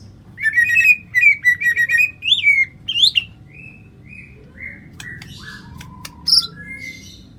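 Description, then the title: White-rumped shama song: a fast run of bright whistled notes, then slower, spaced, clear whistles at varied pitches, over a low background hum. "murai batu"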